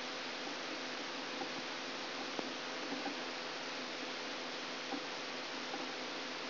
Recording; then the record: brain microelectrode recording played as sound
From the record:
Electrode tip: outside the subthalamic nucleus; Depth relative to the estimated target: -9 mm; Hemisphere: left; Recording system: AlphaMap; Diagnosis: Parkinson's disease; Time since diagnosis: 24 years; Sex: male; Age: 67 years